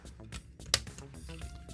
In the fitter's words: And you heard it snap right there.